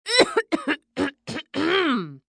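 A series of short coughs in quick clusters, then one longer voiced throat clearing with a falling pitch, acted by a middle-aged woman.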